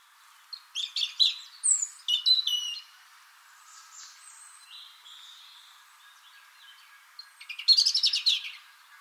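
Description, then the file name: European robin song: a tumbling phrase of high whistles and quick twittering notes, a long pause with soft fragments, then another bright rapid burst; faint constant hum behind. "Erithacus rubecula"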